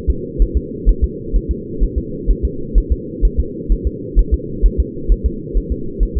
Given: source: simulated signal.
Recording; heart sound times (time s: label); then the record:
fetal heart sounds
0.10 s: S2
0.42 s: S1
0.57 s: S2
0.89 s: S1
1.04 s: S2
1.36 s: S1
1.51 s: S2
1.83 s: S1
1.98 s: S2
2.31 s: S1
2.45 s: S2
2.78 s: S1
2.92 s: S2
3.25 s: S1
3.40 s: S2
3.72 s: S1
3.87 s: S2
4.19 s: S1
4.34 s: S2
4.66 s: S1
4.80 s: S2
5.12 s: S1
5.26 s: S2
5.58 s: S1
5.72 s: S2
6.03 s: S1
6.17 s: S2
From the record:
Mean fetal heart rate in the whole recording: 130 bpm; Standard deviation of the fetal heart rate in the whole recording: 2 bpm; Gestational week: 36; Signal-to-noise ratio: -4.3 dB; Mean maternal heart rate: 72 bpm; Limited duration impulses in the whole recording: absent